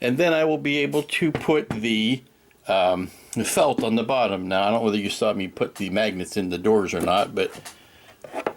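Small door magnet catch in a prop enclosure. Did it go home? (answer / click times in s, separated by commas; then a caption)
yes / 8.5 s. A small door on a prop robot build is closed, and the magnet catch in its corner pulls it shut. Someone talks for most of the clip, then a short, sharp snap is heard as the catch seats at 8.5 s.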